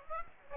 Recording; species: mosquito wingbeat signal from an infrared sensor; Aedes aegypti